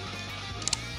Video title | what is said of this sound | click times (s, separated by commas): How to Install the 2016+ Grizzly (& Kodiak) 700 Handlebar/Riser Combo Kit by ROX SPEED FX | you hear it click | 0.7 s